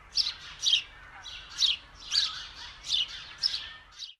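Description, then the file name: House sparrow calls, several loud harsh chirps at uneven intervals. "Passer domesticus"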